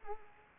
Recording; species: mosquito wingbeat signal from an infrared sensor; Culex pipiens